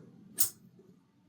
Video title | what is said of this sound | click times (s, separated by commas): GardePro Link 1.0 Setup: 1km Long-Range Wireless Trail Camera Tutorial | Hear that click? Now, we know it's hooked onto the hub. | 0.4 s